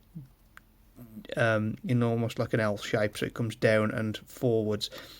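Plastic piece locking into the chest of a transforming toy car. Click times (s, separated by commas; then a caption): 0.6 s. On a plastic transforming toy car in robot mode, a piece behind the windscreen is brought down and locks into the chest. A single sharp plastic click at 0.6 s marks it seating in place, and then someone talks.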